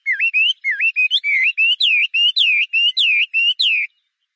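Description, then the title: Chinese hwamei singing a steady series of clear whistles, alternating rising and falling slurs. "画眉鸟的叫声"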